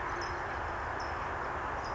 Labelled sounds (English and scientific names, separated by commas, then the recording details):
California Towhee (Melozone crissalis)
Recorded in Sonoma County, California